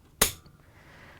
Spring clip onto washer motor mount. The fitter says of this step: turn it 90° snap it down over the motor